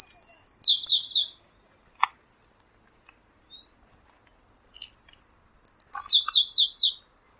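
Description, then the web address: Eurasian blue tit calling: a thin high note followed by a quick series of descending notes, the phrase given twice, with a single click between them. "cianscape birddata Deverinetal 2025 File origin Bird Only Cy Ca"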